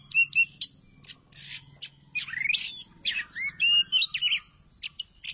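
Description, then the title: Thrush song of sharp chips mixed with rising and swooping whistled notes over a faint low steady hum. "burung anis x"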